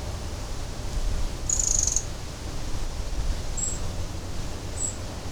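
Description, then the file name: Eurasian wren calling: one buzzy, very high half-second note, then a few brief thin chips, over a steady low rumble. "Troglodytes troglodytes"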